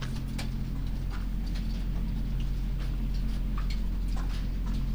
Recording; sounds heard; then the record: poultry house recording; sick chickens (respiratory disease)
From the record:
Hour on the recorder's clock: 22